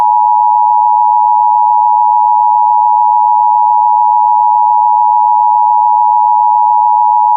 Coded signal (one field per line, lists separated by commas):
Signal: Emergency Alert System (SAME) tones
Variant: 853 and 960 Hz attention tone